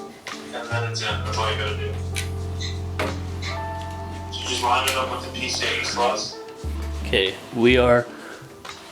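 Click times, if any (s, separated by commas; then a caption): none. Someone talks over background music while a graphics card is lined up with a motherboard's PCIe slot, with a few brief knocks and handling sounds. The clip ends before the card goes home; nothing has seated or clicked yet.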